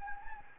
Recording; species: mosquito wingbeat signal from an infrared sensor; Anopheles gambiae